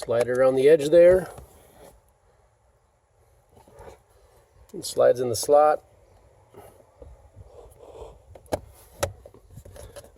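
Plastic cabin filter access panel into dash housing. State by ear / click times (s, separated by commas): seated / 8.5 s, 9.0 s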